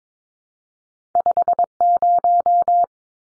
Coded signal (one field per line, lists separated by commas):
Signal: Morse code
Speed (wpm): 22 wpm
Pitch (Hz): 700 Hz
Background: none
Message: 50